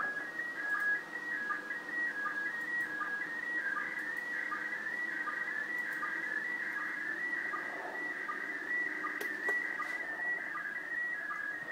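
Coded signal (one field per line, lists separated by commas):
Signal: SSTV (slow-scan television)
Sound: warbling whistle-like tone shifting in pitch, with short low chirps every ¾ second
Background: radio static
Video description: showing the computer decoding the sstv pics from the iss in vk3 using my ic 7100 and a 9 element lfa antenna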